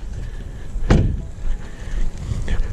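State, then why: Released. The hood release latch on a BMW 330i xDrive is pressed twice, with no secondary latch, giving sharp clicks at 0.9 s and 2.5 s over a low, steady rumble. After the second click the hood has popped open.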